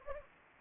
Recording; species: mosquito wingbeat signal from an infrared sensor; Anopheles gambiae